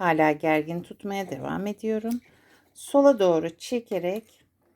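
Upper thread on an Ambation 630, Ambation 610 or Creative 1.5 sewing machine is held taut and pulled to the left toward the tension/thread guide while someone talks. The thread has not yet clicked or seated into the guide when the clip ends.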